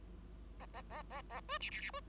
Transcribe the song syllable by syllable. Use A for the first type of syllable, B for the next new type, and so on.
A A A A A B C C C B